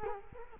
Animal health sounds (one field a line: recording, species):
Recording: mosquito wingbeat signal from an infrared sensor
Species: Culex quinquefasciatus